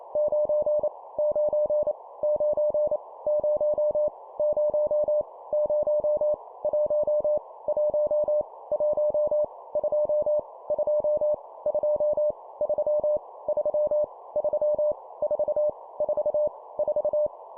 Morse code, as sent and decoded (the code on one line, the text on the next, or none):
----. / ----. / ----. / ----- / ----- / ----- / .---- / .---- / .---- / ..--- / ..--- / ..--- / ...-- / ...-- / ...-- / ....- / ....- / ....-
9 9 9 0 0 0 1 1 1 2 2 2 3 3 3 4 4 4